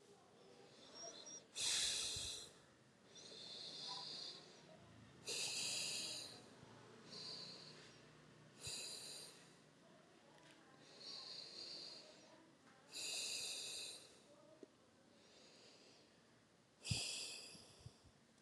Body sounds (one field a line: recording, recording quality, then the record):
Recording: deep breathing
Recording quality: excellent, no background noise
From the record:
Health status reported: COVID-19 positive, mild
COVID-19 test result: positive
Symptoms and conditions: cold, fever, fatigue, hypertension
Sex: female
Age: 54 years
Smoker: no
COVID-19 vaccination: both doses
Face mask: not worn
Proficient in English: yes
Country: India